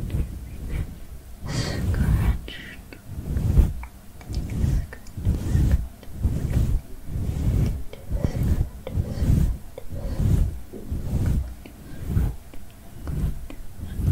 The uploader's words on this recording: Girl brushes your hair ASMR personal attention, invisible scratching, head massage.